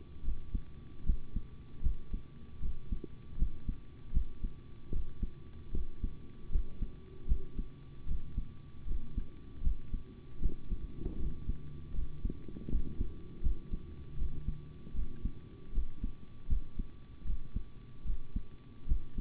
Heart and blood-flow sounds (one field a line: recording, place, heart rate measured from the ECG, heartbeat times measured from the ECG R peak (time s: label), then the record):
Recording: heart sounds by stethoscope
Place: between the tricuspid and mitral areas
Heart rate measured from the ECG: 77 bpm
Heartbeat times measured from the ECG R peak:
0.23 s: heartbeat
1.04 s: heartbeat
1.81 s: heartbeat
2.60 s: heartbeat
3.37 s: heartbeat
4.12 s: heartbeat
4.91 s: heartbeat
5.72 s: heartbeat
6.50 s: heartbeat
7.27 s: heartbeat
8.06 s: heartbeat
8.86 s: heartbeat
9.62 s: heartbeat
10.40 s: heartbeat
11.17 s: heartbeat
11.93 s: heartbeat
12.69 s: heartbeat
13.41 s: heartbeat
14.17 s: heartbeat
14.94 s: heartbeat
15.72 s: heartbeat
16.48 s: heartbeat
17.25 s: heartbeat
18.04 s: heartbeat
18.86 s: heartbeat
From the record:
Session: rest, sitting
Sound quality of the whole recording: good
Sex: male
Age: 25 years